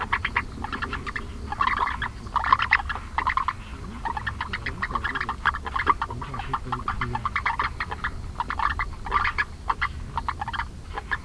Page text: 長腳赤蛙 Rana longicrus 錄音者 (或其他來源: 李承恩) 錄音時間 2012/01/08 錄音地點 新北市 五股區 御史路旗竿湖菜園. 錄音環境 水池邊的菜園內. 行為描述 鳴叫